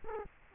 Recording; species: mosquito wingbeat signal from an infrared sensor; Culex quinquefasciatus